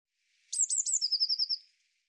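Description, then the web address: Eurasian blue tit giving three thin, high notes followed by a fast, slightly lower trill, all within under two seconds, with nothing else audible. "cianscape birddata Deverinetal 2025 File cleaned normalized Bird Cy Ca"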